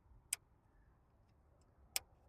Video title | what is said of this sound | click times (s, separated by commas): Rim Rash, I did it again!! 21”Uberturbine wheels ￼ | third one of these, you can hear the click. | 0.3 s, 2.0 s